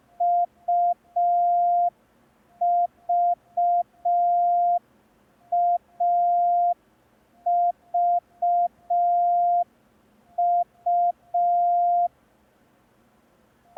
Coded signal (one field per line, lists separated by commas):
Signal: Morse code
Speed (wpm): 5 wpm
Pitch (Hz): 700 Hz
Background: none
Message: UVAVU